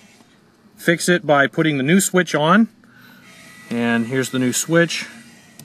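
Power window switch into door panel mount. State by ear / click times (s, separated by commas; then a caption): not seated / none. Someone talks while handling a new plastic power window switch that is about to be pressed into its mounting opening in the door panel. Two stretches of speech are separated by a quiet, hissy pause. The switch has not snapped into place yet; nothing has seated or clicked.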